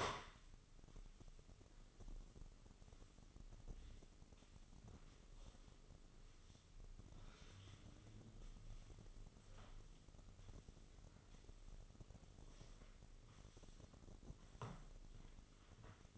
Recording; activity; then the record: daily activity, microphone in the room; sweep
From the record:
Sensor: 4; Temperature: 26.8 degrees Celsius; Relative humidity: 28.1%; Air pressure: 996.7 hPa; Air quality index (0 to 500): 87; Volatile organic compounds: 4 ppm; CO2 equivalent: 1684 ppm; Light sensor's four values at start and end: 21/58/22/24 and 21/55/22/23